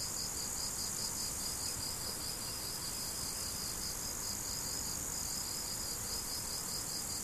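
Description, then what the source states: Cricket giving rapid, evenly spaced chirps, over two per second, against a constant high insect drone. Crickets recorded 17 July 2012 with an MZ-N710 recorder.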